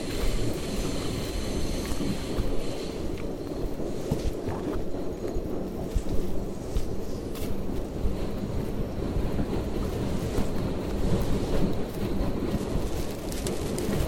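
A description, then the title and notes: A rainforest hike in Tambopata Reserve, Peru, heard as a steady low rumble with gusty buffeting throughout the fourteen seconds. A faint high insect-like tone hums along in the background, and brief crackles and rustles surface now and then, around the fourth and seventh seconds. Hike in Tambopata Reserve rainforest, Peru.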